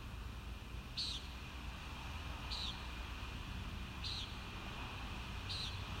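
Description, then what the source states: Common nighthawk calls: four short, rasping nasal peents spaced about every one and a half seconds, with persistent low rumbling noise beneath. Recorded at Kissimmee on 1 May 2019.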